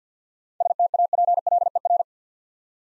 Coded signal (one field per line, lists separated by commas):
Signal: Morse code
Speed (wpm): 49 wpm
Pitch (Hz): 700 Hz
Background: none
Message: STAPLER